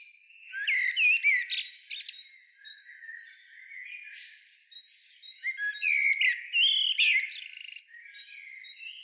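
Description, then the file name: Common blackbird produces two clustered bursts of high, buzzy chatter and short whistled slurs, each lasting about two seconds, with thin squeaky notes in between. "Turdus merula"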